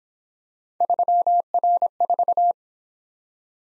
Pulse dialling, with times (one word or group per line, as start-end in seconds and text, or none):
none